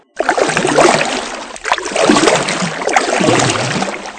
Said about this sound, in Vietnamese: Dứt lời, cô ta nôn nã bơi xuồng đi.